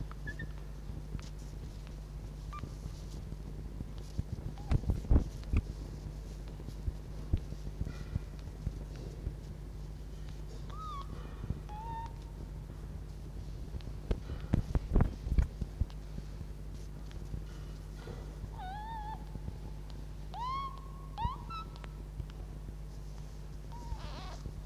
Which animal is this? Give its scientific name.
Vulpes vulpes